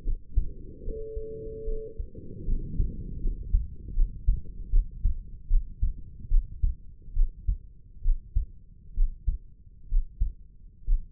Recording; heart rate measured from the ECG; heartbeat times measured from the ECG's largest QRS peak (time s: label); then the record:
heart sounds by stethoscope; 72 bpm
0.04 s: heartbeat
0.82 s: heartbeat
1.65 s: heartbeat
2.45 s: heartbeat
3.21 s: heartbeat
3.94 s: heartbeat
4.70 s: heartbeat
5.48 s: heartbeat
6.29 s: heartbeat
7.14 s: heartbeat
8.02 s: heartbeat
8.94 s: heartbeat
9.88 s: heartbeat
10.84 s: heartbeat
From the record:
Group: healthy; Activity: rest 0-4 s, Valsalva maneuver 4-11 s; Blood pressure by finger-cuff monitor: 112/72 mmHg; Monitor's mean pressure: 84 mmHg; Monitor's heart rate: 75 bpm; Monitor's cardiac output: 5.7 L/min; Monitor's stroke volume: 75 mL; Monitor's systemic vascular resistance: 1070 dyn s/cm5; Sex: female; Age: 22 years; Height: 160 cm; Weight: 45 kg